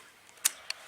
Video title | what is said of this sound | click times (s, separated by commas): The Siamese Mauser - 1st and 2nd Contract | back in place it's gonna fold when it locks into place | 0.5 s